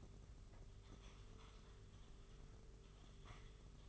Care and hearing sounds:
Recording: daily activity, microphone in the room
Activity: typing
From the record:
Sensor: 4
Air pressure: 991.8 hPa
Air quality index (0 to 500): 120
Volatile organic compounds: 27 ppm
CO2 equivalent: 2880 ppm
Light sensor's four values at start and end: 20/65/24/24 and 20/65/24/24

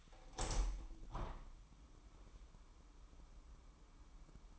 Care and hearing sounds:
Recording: daily activity, microphone in the room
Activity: open window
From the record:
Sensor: 1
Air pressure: 998.6 hPa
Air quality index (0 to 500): 132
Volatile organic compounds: 4 ppm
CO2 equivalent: 1584 ppm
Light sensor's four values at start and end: 9/22/9/11 and 10/23/9/11

